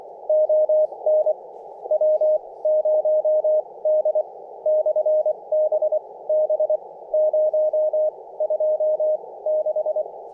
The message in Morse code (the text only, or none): ON W0D/BB 026